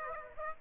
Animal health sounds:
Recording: mosquito wingbeat signal from an infrared sensor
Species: Aedes aegypti

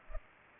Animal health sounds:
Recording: mosquito wingbeat signal from an infrared sensor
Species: Culex pipiens

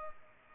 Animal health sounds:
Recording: mosquito wingbeat signal from an infrared sensor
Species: Culex pipiens

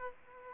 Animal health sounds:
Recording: mosquito wingbeat signal from an infrared sensor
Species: Aedes aegypti

